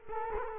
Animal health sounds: mosquito wingbeat signal from an infrared sensor; Culex quinquefasciatus

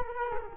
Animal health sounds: mosquito wingbeat signal from an infrared sensor; Culex quinquefasciatus

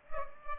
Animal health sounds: mosquito wingbeat signal from an infrared sensor; Culex pipiens

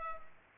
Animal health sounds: mosquito wingbeat signal from an infrared sensor; Culex pipiens

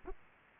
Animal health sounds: mosquito wingbeat signal from an infrared sensor; Aedes aegypti

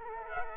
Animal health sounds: mosquito wingbeat signal from an infrared sensor; Culex quinquefasciatus

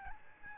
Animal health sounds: mosquito wingbeat signal from an infrared sensor; Aedes albopictus

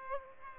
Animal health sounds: mosquito wingbeat signal from an infrared sensor; Aedes aegypti

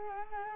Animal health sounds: mosquito wingbeat signal from an infrared sensor; Culex quinquefasciatus

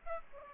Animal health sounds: mosquito wingbeat signal from an infrared sensor; Aedes aegypti

